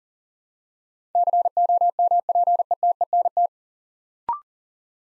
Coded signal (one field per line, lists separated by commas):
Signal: Morse code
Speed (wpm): 41 wpm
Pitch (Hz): 700 Hz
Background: none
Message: COMPETENT